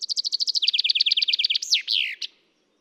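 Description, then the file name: Common chaffinch song joined mid-trill: rapid repeated chirps dropping in pitch, then a slurred, downward-sweeping flourish to finish. "Fringilla coelebs"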